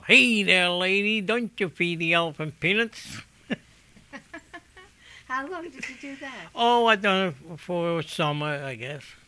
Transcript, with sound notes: Hey there, lady, don't you feed the elephant peanuts."
( she laughs ) How long did you do that?
Oh, I done it for a summer, I guess.